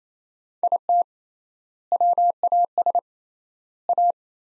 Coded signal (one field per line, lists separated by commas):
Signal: Morse code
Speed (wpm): 28 wpm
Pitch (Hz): 700 Hz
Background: none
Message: IT WAS A